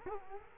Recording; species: mosquito wingbeat signal from an infrared sensor; Culex quinquefasciatus